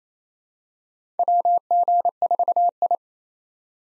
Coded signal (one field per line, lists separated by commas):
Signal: Morse code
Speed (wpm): 27 wpm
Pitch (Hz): 700 Hz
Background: none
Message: WG4I